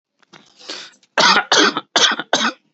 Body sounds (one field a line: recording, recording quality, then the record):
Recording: heavy voluntary cough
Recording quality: excellent, no background noise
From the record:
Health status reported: healthy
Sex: male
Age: 34 years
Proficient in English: yes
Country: India